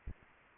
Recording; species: mosquito wingbeat signal from an infrared sensor; Anopheles arabiensis